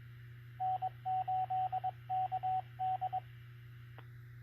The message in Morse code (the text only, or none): N8KD